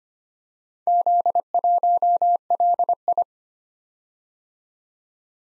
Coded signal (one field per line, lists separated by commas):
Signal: Morse code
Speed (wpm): 25 wpm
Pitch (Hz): 700 Hz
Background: none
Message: Z1LI